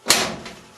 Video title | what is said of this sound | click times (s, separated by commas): Whirlpool Dryer Won't Start - See How to Take It Apart | push down until it snaps in place. | 0.1 s